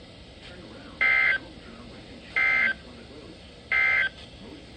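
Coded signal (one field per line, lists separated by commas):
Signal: Emergency Alert System (SAME) tones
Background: speech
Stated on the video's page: Flood Warnings and Severe Thunderstorm Warnings for the Ohio Valley Region, from NOAA Weather Radio stations in Columbus and Miamisburg, Ohio.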